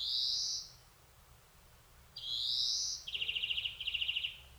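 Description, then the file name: European greenfinch giving two drawn-out, rising buzzy wheezes, then two short rapid rattling trills in close succession. "Chloris chloris"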